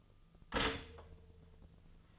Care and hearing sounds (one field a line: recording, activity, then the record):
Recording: daily activity, microphone in the room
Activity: stop toaster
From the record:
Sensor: 4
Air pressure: 1010.1 hPa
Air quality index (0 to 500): 181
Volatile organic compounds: 5 ppm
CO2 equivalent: 1833 ppm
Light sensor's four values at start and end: 23/69/27/27 and 23/69/27/27